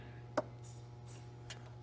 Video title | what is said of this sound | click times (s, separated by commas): How To Change Honda Spark Plugs | you'll hear that click when it goes on there it went like that | 0.4 s